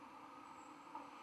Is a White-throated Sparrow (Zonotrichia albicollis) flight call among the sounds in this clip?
no